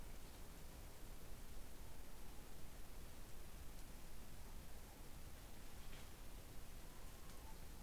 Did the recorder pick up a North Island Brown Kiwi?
no